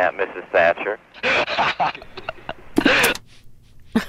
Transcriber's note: laughter